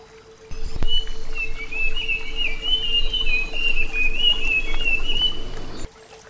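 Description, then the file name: Flycatcher song as one sustained, rapid twittering warble lasting several seconds, with a constant faint hum behind it. Flycatcher song presented as therapy (terapi); uploaded 2014. "terapi sikatan"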